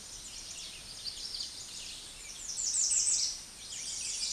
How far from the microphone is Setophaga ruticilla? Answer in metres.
about 5 m